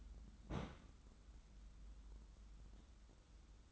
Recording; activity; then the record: daily activity, microphone in the room; place on stove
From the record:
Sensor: 3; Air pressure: 994.4 hPa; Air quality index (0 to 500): 212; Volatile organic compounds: 1000 ppm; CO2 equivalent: 7098 ppm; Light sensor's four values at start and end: 200/481/202/201 and 200/481/202/201